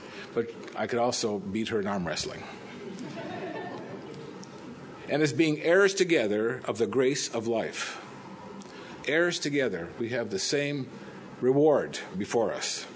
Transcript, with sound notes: but I can also beat her in arm wrestling. (Laughter) "...and as being heirs together of the grace of life" – heirs together we have the same reward before us